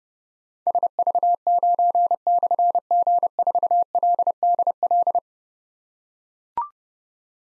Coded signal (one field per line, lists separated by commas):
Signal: Morse code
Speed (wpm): 29 wpm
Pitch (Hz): 700 Hz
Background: none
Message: SV9/G4LDL